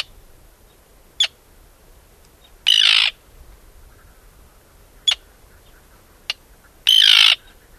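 Arctic tern calls: two long harsh rasping screeches about four seconds apart, with a few single short sharp kit notes before and between them.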